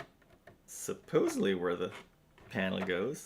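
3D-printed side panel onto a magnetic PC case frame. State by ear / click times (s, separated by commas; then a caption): not seated / none. A 3D-printed plastic side panel, held by magnets, is pressed onto a small PC case frame, giving only faint ticks around 0.2 s and 0.5 s before someone talks. Nothing has seated or clicked yet: the panel fails to snap home because something is snagging and it is tight at the bottom.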